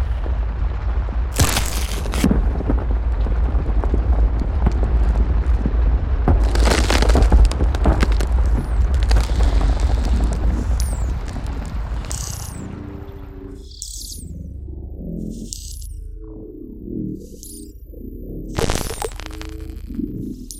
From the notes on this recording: scary monster and creature textures, intimidating insect sounds, loud and heavy footsteps, organic soundscapes, cave ambiences, dark background sounds